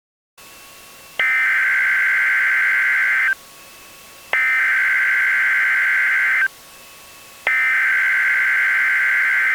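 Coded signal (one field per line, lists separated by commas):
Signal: Emergency Alert System (SAME) tones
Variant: header bursts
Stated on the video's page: Mock, simulated EAS flash flood alert scenario, not a real broadcast.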